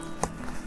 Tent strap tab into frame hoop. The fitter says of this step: tab and it locks into place and then we have the same thing down